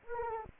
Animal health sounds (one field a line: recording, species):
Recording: mosquito wingbeat signal from an infrared sensor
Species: Anopheles arabiensis